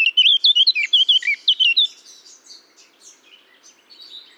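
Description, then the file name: Eurasian blackcap song: a loud, quick series of clear whistled notes for about two seconds, trailing into soft high twittering. "Sylvia atricapilla"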